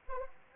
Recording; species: mosquito wingbeat signal from an infrared sensor; Anopheles arabiensis